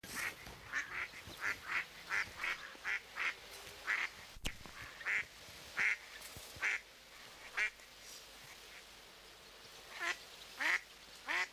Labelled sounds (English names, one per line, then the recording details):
Mallard call
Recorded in the wild
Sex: group
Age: adult
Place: Kölpinsee, Insel Usedom, Mecklenburg-Vorpommern, DE
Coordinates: 54.035, 14.0311
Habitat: lake
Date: 1983-09-17 13:17
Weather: overcast, 17°C
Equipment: Nagra SN, Sennheiser MKH 416T (Automatik), Kopie Uher 4000 Report Monitor
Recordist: Tembrock, Günter